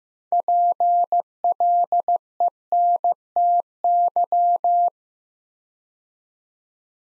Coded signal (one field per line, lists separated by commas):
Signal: Morse code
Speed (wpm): 15 wpm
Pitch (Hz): 700 Hz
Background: none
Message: PLENTY